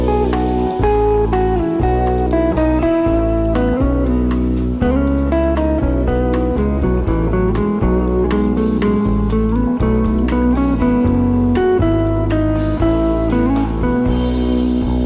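Smooth jazz plays throughout, with a deep bass line that shifts notes about once a second beneath sustained chords and a melody line. Steady drum hits and crisp cymbal taps mark a regular beat, and the level stays even for the whole stretch.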